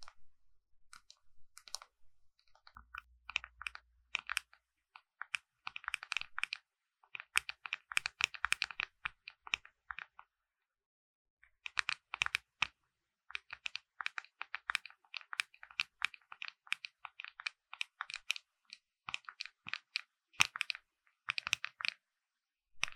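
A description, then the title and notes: Makeup tapping: quick, dense bursts of crisp clicks and taps, fingernails rattling against hard cases in rapid clusters. The tapping runs almost continuously, with a brief pause near the middle, and a faint low hum sits under the first few seconds. ASMR 美妝用品敲擊聲 | Makeup Tapping | NO Talking.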